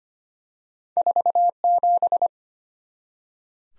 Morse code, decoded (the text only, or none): 47